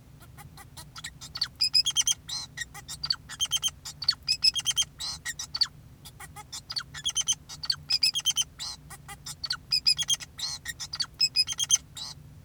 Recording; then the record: song of a male Bengalese finch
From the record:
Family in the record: son of father 2, and himself father 4